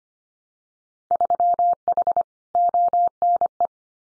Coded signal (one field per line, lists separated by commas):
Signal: Morse code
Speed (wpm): 25 wpm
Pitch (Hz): 700 Hz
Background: none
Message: 3H ONE